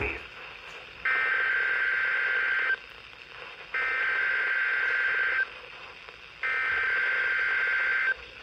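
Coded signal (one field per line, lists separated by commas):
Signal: Emergency Alert System (SAME) tones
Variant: header bursts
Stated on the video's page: Required Weekly Tests received on multiple NOAA Weather Radio stations from three forecast offices.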